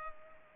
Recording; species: mosquito wingbeat signal from an infrared sensor; Culex pipiens